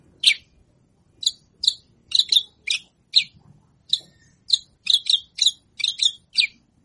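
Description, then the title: Javan bush lark song: scattered single and paired high chirps with irregular gaps, over a quiet low background. Song described as super special, rich in isian. "Branjangan Super Isian Istimewa"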